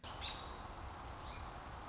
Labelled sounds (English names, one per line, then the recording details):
American Robin
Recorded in Sonoma County, California